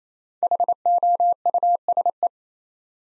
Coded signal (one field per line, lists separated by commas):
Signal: Morse code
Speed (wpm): 29 wpm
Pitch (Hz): 700 Hz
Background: none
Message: HOUSE